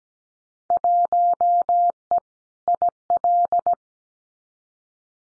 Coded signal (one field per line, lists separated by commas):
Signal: Morse code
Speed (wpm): 17 wpm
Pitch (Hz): 700 Hz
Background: none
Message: 1E IL